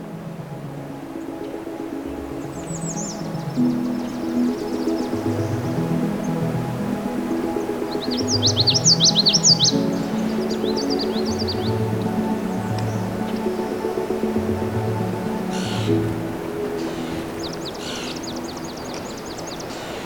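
Songbirds trill in short bright bursts around three, nine and sixteen seconds, over a low, steady, pulsing drone that never lets up.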